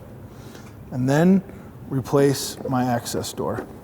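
The plastic headlight access door on an Indian Chieftain motorcycle fairing is being refitted after a bulb change, but in this clip someone only talks over a low background hum. Nothing has seated or clicked yet.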